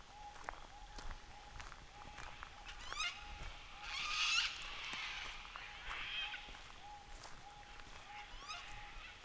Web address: Les Cartes Postales Sonores NOISE ON EARTH Vol 7 AUSTRALIA Les Cartes Postales Sonores Cocatoes of Nightcap NP